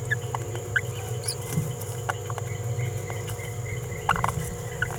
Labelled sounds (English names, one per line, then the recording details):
Green-rumped Parrotlet babbling
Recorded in a nest box in Venezuela
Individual 18B17A4